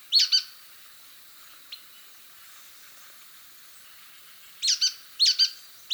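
Nuthatch calls: a quick double note at the start, a lone faint tick, then several more paired sharp notes near the end.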